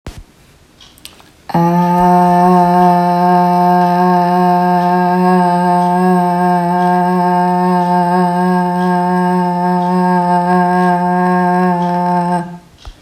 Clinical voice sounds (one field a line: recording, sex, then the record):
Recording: sustained vowel /a/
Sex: female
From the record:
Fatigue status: fatigue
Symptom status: symptomatic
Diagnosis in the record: COVID-19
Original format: m4a